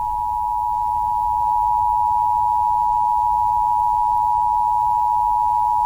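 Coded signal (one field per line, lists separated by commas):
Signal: Emergency Alert System (SAME) tones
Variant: 853 and 960 Hz attention tone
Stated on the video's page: Fictional EAS scenario reconstruction, not real government broadcasts.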